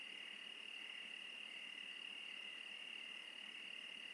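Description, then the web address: Crickets in a steady high trill, with a lower pulsing chirp throughout. "sonniss-gdc-audio crickets- -crickets-interlude"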